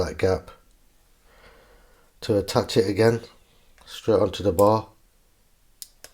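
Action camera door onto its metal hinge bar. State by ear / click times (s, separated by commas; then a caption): seated / 5.8 s. Someone talks while the side door of a GoPro Hero 12 Black action camera is pushed straight onto its metal hinge bar. A sharp click at 5.8 s, followed by a fainter tick, marks the door clipping back on and seating on the bar.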